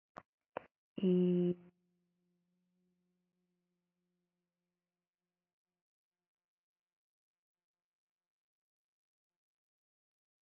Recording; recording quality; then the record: sustained vowel as in beet; excellent, no background noise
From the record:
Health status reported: healthy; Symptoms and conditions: cough, cold, fever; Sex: female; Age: 31 years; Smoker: no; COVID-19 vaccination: both doses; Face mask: not worn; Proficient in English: yes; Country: India